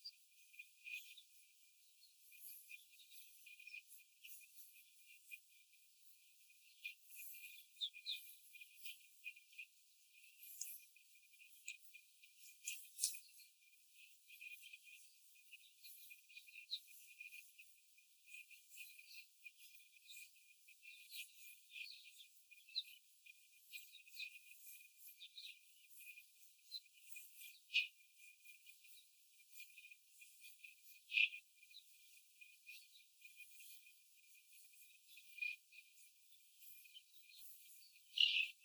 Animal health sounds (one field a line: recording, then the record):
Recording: young laying hens in a cage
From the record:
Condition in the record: after the stressor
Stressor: simulated dog barking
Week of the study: 4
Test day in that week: 1